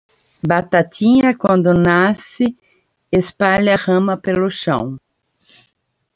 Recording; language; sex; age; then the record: short text; Brazilian Portuguese; female; 60 to 69 years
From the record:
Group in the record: control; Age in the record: 60 years